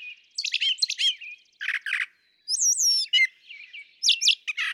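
Brown Thrasher song: loud chips, harsh buzzy notes and high slurred whistles in rapid varied phrases.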